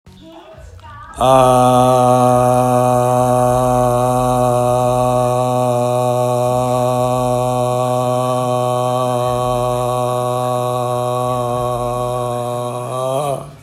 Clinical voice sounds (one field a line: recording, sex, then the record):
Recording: sustained vowel /a/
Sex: male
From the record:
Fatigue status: no fatigue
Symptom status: asymptomatic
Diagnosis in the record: COVID-19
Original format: m4a